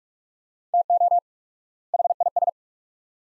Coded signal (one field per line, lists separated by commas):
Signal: Morse code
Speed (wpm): 44 wpm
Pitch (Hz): 700 Hz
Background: none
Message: TO HIS